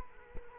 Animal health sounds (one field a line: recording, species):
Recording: mosquito wingbeat signal from an infrared sensor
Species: Culex quinquefasciatus